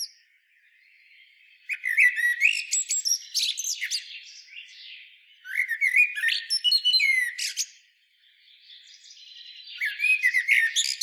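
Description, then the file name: Common blackbird, after a quiet start, three loud bursts of squeaky, chattering high notes with softer scratchy warbling between them. "Turdus merula"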